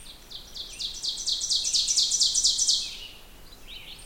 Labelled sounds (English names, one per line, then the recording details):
Ovenbird song
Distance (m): 15 m
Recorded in boreal forest in Alberta, Canada, on 16 June 2016 at 08:04
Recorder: SongMeter 3, array SBT-3-32
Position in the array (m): 144 m, 26 m
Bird 36